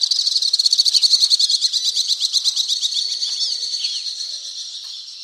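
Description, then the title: Alpine swift trill, a fast pulsed high chatter that starts loud and slowly fades, with a few faint chirps later. "Le chant du martinet à ventre blanc"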